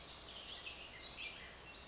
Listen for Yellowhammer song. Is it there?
no